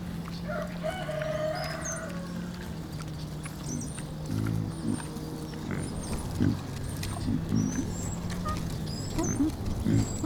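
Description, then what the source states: Piglet grunting, soft low snorts that build up in the second half, irregular and clustered, with thin bird chirps and a constant low drone behind. Piglets hanging out together.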